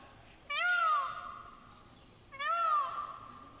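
Peafowl: a peacock calling twice, each a loud wail that rises then falls, about two seconds apart.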